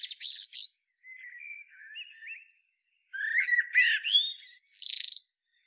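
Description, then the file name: Common blackbird song: a brief high twitter, then low fluted warbling phrases, ending in a burst of squeaky, rapidly repeated high notes. "Turdus merula"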